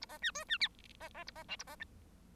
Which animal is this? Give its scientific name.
Lonchura striata domestica